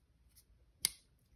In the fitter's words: this has so there's the click over right it